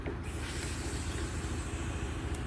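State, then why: Not seated. A tubeless bicycle tire is being inflated with a burst of air to seat its rubber beads onto the rim, producing a steady, loud rushing hiss throughout. Nothing has popped or seated onto the rim yet.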